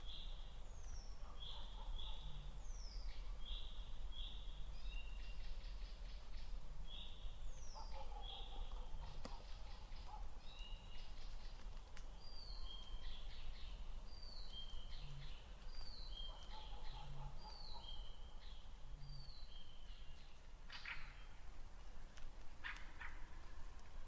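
A lakeside forest wakes on an early summer morning, with several birds calling at once: bright descending whistles, quick chirps and short buzzy trills repeat throughout. Beneath them runs a steady low rumble, with occasional soft low notes scattered through the clip.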